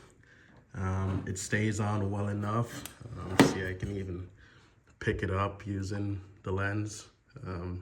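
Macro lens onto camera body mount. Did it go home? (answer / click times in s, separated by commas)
no / none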